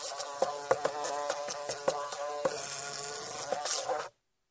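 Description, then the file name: Fly buzzing, a steady droning hum broken by sharp clicks and taps, then cutting off abruptly into silence after about four seconds. "Muha zhuzhzhit"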